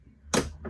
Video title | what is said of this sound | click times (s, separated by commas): Handover Scorpion Sting - Internal | But opening this up, you can hear the click. | 0.3 s